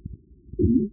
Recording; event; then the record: neck accelerometer signal played as sound; voluntary cough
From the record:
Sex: male